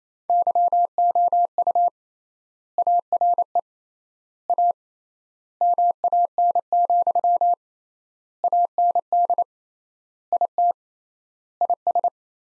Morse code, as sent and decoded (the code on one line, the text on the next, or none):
-.-- --- ..- / .- .-. . / .- / -- .- -. --..-- / .- -. -.. / .. - / .. ...
YOU ARE A MAN, AND IT IS